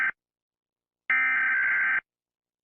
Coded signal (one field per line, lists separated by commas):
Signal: Emergency Alert System (SAME) tones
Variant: header bursts